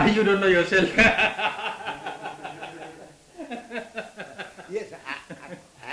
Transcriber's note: laughs